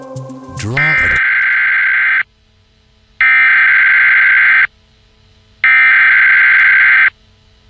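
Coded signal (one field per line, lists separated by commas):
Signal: Emergency Alert System (SAME) tones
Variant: header bursts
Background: speech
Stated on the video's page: Simulated EAS scenario of a missile disaster, made with an EAS simulator tool, not a real alert.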